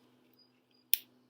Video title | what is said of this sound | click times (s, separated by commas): Camera Basics and Image Zone Modes | there's a little click so now the lens is securely fastened to my camera | 0.9 s